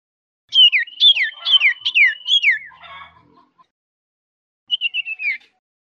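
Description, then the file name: Common iora whistling: a fast series of five high downslurred whistles, then after a pause a shorter run of four falling notes. Whistles used as a lure recording (pancingan) for common iora, locally called cipo. "siulan cipo untuk pancingan"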